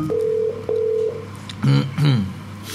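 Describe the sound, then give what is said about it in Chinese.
Telephone line tones as a call connects to a caller on a live Cantonese phone-in broadcast: two steady, mid-pitched beeps of equal length with a short gap between, followed by a brief burst of a voice on the line. “咁啊，搭通佢电话啦，咁啊可以讲啦 ，OK 啊。”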